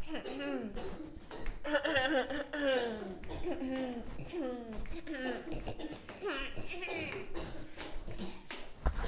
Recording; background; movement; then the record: throat clearing; a bystander coughing; walking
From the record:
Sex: female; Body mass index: 18.3 kg/m2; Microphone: on the chest, facing outward